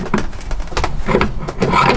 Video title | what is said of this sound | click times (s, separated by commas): Buying A CHEAP Old Jaguar and MAKING IT FAST! (Cammed V8 Swap) | now okay that's your first click you need one more | 1.2 s